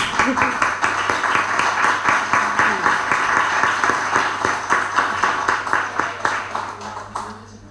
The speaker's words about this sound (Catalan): I, bueno, crec que els hi podria fer un bon aplaudiment per la llibreria.